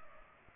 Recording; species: mosquito wingbeat signal from an infrared sensor; Culex pipiens